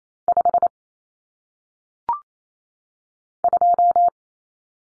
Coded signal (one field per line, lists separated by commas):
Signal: Morse code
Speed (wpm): 28 wpm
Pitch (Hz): 700 Hz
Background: none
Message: 5 2